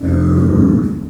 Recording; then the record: squeal of a Yucatan mini pig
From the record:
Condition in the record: after surgery on the right vocal fold (resection and tissue-engineered implant); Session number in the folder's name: 7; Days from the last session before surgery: 47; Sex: female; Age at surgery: 19 weeks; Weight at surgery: 25 kg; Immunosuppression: prednisolone